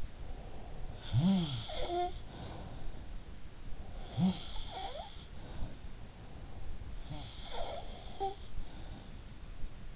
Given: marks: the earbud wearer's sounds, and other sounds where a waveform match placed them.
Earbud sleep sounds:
sounds in sleep by an in-ear microphone; breath
0.00-3.10 s: breath
0.92-2.79 s: sound from someone else or the room
3.89-5.92 s: sound from someone else or the room
6.94-9.26 s: sound from someone else or the room

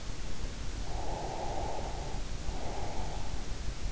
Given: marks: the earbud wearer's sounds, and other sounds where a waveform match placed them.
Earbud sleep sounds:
sounds in sleep by an in-ear microphone; breath
0.87-3.43 s: breath

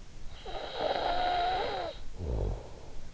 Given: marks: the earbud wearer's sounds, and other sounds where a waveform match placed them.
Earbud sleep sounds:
sounds in sleep by an in-ear microphone; snoring breath
0.01-3.14 s: snoring breath

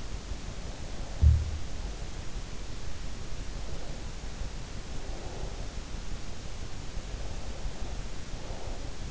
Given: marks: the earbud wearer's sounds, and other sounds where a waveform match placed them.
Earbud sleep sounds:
sounds in sleep by an in-ear microphone; breath
0.39-2.81 s: breath
1.15-1.61 s: sound from someone else or the room
3.49-5.78 s: breath
7.01-9.11 s: breath

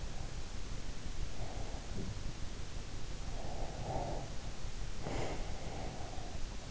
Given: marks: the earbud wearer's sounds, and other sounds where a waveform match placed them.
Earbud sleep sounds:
sounds in sleep by an in-ear microphone; breath
1.10-1.98 s: breath
1.81-2.37 s: sound from someone else or the room
3.24-6.36 s: breath

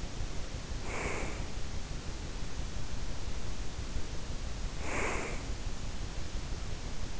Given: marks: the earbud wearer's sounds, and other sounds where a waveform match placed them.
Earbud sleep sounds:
sounds in sleep by an in-ear microphone; breath
0.54-1.55 s: breath
4.54-5.71 s: breath

